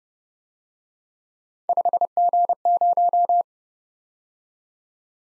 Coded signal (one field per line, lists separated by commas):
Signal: Morse code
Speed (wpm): 29 wpm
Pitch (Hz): 700 Hz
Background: none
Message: 5G0